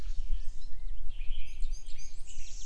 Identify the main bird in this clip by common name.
Song Thrush